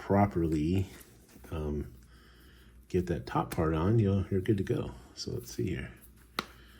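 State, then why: Seated. Someone talks while pressing the plastic top section of an Araree Aero Flex case with hinge protection onto the top half of a Samsung Galaxy Z Fold 5 folding phone. A single sharp snap is heard at 6.4 s as the case section seats firmly in place.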